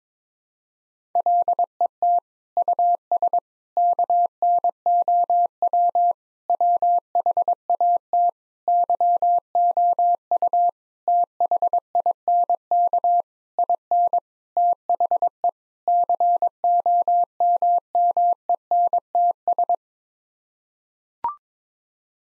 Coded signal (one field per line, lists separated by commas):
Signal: Morse code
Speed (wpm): 22 wpm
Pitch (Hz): 700 Hz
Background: none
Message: LET US KNOW WHAT YOU THINK IN THE COMMENTS